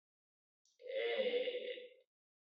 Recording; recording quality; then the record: sustained vowel as in made; excellent, no background noise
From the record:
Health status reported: healthy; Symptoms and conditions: none ticked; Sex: male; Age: 25 years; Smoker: not ticked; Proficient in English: no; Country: India